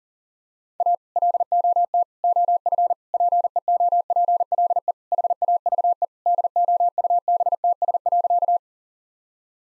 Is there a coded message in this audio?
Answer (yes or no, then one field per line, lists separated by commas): yes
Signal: Morse code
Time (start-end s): 0.8-8.6 s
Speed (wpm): 40 wpm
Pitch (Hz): 700 Hz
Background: none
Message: A LOT OF PEOPLE HAVE DOUBTS.